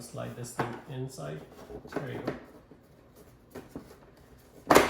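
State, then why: Seated. A plastic dispenser piece is slid into a refrigerator water dispenser housing while someone talks. A sharp click at 4.7 s marks the piece locking in place.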